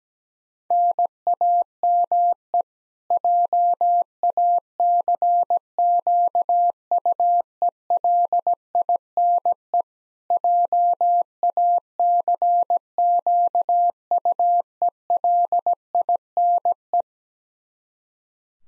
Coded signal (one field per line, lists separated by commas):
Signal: Morse code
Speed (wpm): 17 wpm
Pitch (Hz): 700 Hz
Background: none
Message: NAME JACQUELINE JACQUELINE